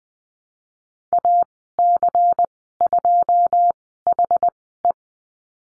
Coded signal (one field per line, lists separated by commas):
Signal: Morse code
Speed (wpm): 20 wpm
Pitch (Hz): 700 Hz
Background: none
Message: AC2HE